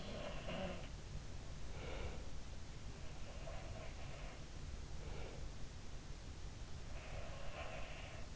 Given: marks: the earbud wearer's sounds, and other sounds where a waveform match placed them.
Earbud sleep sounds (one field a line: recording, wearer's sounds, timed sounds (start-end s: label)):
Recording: sounds in sleep by an in-ear microphone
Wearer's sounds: breath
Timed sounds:
0.00-1.13 s: sound from someone else or the room
1.68-2.43 s: breath
2.76-4.45 s: sound from someone else or the room
4.89-5.62 s: breath
6.88-8.34 s: sound from someone else or the room